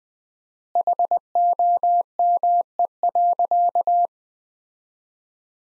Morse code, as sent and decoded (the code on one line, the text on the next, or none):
.... --- -- . .-.-.-
HOME.